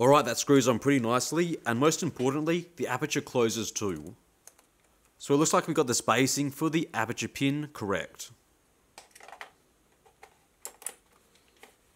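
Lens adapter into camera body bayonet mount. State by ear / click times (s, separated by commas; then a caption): not seated / none. A vintage lens on a homemade aluminium M42 to EF adapter is handled at a camera body's bayonet mount while someone talks, followed by a few soft clicks and taps from about 9.0 to 10.9 seconds. Nothing has seated or clicked into the mount yet.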